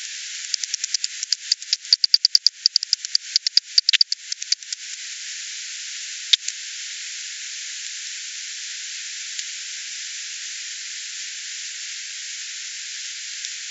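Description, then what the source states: Bat echolocation pulses: a rapid, uneven train of dry clicks for about five seconds, then a few scattered ticks over steady hiss. Recorded 28 September 2020.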